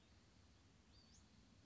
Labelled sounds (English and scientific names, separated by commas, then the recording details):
Western Flycatcher (Empidonax difficilis)
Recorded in Sonoma County, California